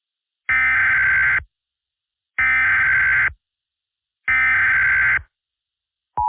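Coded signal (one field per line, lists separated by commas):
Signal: Emergency Alert System (SAME) tones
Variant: header bursts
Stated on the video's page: SAME tones in a fictional EAS scenario about a tornado outbreak, not a real alert.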